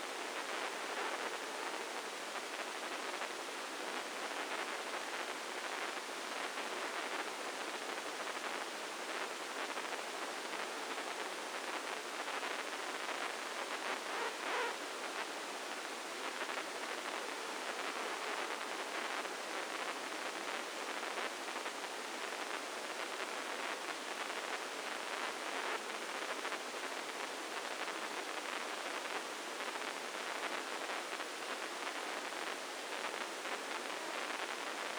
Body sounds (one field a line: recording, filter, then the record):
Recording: brain microelectrode recording played as sound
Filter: spike band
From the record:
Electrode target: subthalamic nucleus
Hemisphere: left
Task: reaching with the right hand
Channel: 1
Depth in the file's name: 2.062 mm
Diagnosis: Parkinson's disease